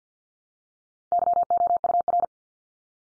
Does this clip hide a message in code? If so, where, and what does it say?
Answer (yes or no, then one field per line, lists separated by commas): yes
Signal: Morse code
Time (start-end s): 1.1-2.2 s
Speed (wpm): 50 wpm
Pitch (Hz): 700 Hz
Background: none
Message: YOUR